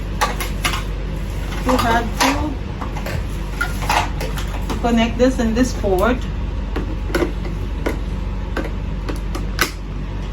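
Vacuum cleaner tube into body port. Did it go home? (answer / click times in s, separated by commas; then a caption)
yes / 9.6 s. Someone talks while pushing the plastic tube or wand of a new vacuum cleaner into its port on the body, with scattered light plastic taps and knocks as the parts are handled. A sharp click at 9.6 s marks the tube locking into the port, so it is seated.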